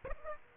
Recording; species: mosquito wingbeat signal from an infrared sensor; Aedes aegypti